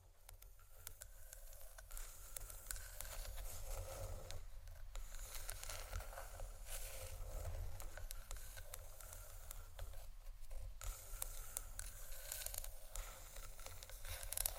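Wooden ASMR triggers: dense, continuous scraping and crackling textures on wood, with bright rasping bursts that swell and fade every second or two. A steady low rumble runs underneath, and a sharper scrape rises near the end.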